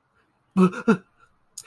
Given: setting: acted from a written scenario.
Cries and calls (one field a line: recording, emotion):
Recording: vocal sound without words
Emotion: distress